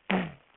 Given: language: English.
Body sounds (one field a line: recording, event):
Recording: throat vibration sensor signal played as sound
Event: throat clearing